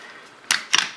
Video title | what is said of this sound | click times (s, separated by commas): Hi-Power Reassembly (Internal Extractor) - Re-post | put it in and make sure that it snaps in place and it'll just lower automatically under spring pressure | 0.5 s